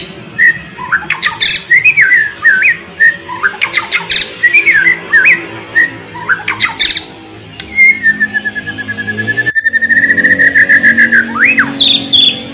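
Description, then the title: White-rumped shama song: rich whistled phrases near mid pitch broken by loud harsh buzzy bursts, then a long fast trill of repeated notes and higher trilled notes. Lure recording of a strongly singing (gacor) shama, intended to make other shamas respond and sing immediately. "PANCINGAN MEWAH MURAI BATU GACOR, SEKALI DENGAR AMPUH LANGSUNG RESPON"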